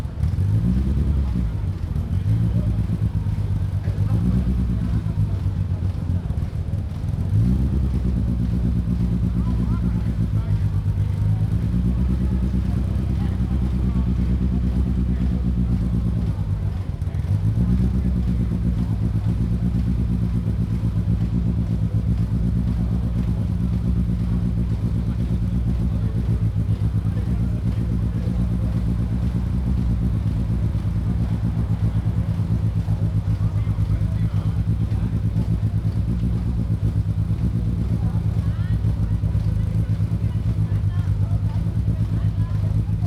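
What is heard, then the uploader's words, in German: Cars starting up, their engines making a loud, low rumble throughout. In the first seventeen seconds the engines rev repeatedly, rising and falling in pitch every couple of seconds, then settle into a steady, even idle hum for the rest of the recording. Die Quelle der absurden Autos war la Piazza Piccola di Sassuolo. Hab' ich also dort die startenden Autos aufgenommen und gestaunt, wie unterschiedlich die doch klingen.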